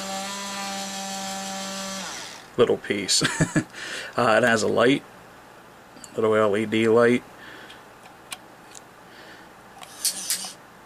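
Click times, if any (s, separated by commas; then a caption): 10.0 s, 10.3 s. A hobby robotic arm's plastic gripper gearbox is driven fully closed and then commanded to close further, so its safety clutch slips with audible clicks at about 10.1 and 10.3 seconds. Before that, a steady harmonic motor whine runs for the first two seconds, followed by bursts of someone talking and a few faint ticks.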